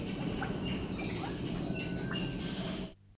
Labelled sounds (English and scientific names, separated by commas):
White-breasted Waterhen (Amaurornis phoenicurus) call